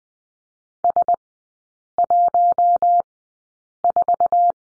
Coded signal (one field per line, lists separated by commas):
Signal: Morse code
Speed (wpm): 20 wpm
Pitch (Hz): 700 Hz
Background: none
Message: S14